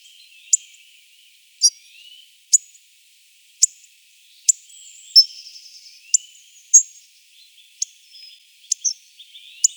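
Hawfinch calls: sharp, high, explosive ticks, many of them at irregular intervals, with fainter thin whistles behind.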